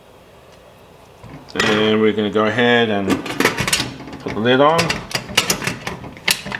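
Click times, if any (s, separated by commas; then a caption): 6.3 s. Someone talks as a lid is put on a pressure cooker holding water and ham hock and turned, with several short ratchet-like clicks as it turns. The lid locks into place with a click at 6.3 s.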